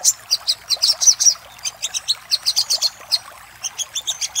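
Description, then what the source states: Little spiderhunter calling in short groups of high, sharp chip notes, loose and uneven, with brief pauses between the groups. Master recording used for training cage birds; local name sogok ontong labaik.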